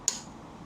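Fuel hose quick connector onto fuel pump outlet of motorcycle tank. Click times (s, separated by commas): 0.1 s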